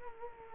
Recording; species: mosquito wingbeat signal from an infrared sensor; Culex quinquefasciatus